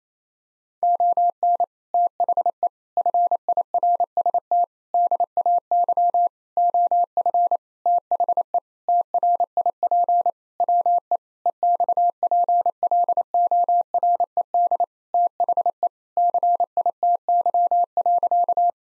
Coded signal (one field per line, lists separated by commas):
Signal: Morse code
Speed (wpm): 28 wpm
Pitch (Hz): 700 Hz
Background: none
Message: ON THE FIRST DAY OF THE TRIP WE EXPLORED THE CITY.